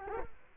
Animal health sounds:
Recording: mosquito wingbeat signal from an infrared sensor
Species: Culex quinquefasciatus

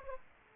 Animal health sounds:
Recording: mosquito wingbeat signal from an infrared sensor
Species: Aedes aegypti

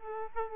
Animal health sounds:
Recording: mosquito wingbeat signal from an infrared sensor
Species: Aedes aegypti

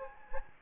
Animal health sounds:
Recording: mosquito wingbeat signal from an infrared sensor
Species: Anopheles gambiae

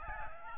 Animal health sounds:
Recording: mosquito wingbeat signal from an infrared sensor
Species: Aedes albopictus

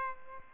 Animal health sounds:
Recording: mosquito wingbeat signal from an infrared sensor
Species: Aedes albopictus

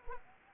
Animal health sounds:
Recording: mosquito wingbeat signal from an infrared sensor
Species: Anopheles arabiensis

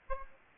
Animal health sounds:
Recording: mosquito wingbeat signal from an infrared sensor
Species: Aedes aegypti

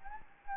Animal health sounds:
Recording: mosquito wingbeat signal from an infrared sensor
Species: Anopheles gambiae

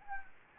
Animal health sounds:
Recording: mosquito wingbeat signal from an infrared sensor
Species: Anopheles gambiae

